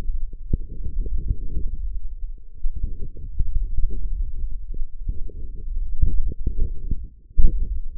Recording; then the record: forearm muscle sounds (acoustic myography)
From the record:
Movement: hook grip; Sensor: system 1, eight BSWA MPA416 microphones around the upper forearm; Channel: 6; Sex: male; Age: 18 years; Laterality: right